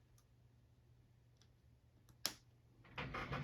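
A screen ribbon cable connector is pressed firmly onto its logic board socket inside an iPad 6 tablet. It snaps home with a sharp click at 2.3 s, and both connectors are confirmed attached. Someone talks just afterward.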